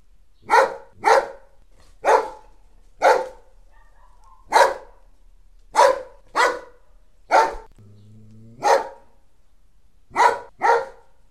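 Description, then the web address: Dog giving sharp single and paired barks at an uneven pace, about a dozen in all, with a brief low whine partway through. The owner's own dog. "my sobaka"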